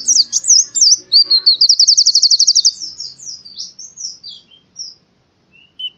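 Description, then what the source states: Canary singing a rapid warbled phrase that rolls into a long, evenly pulsed high trill, followed by looser varied chirps and brief quiet. Master recording of song, used for training other birds.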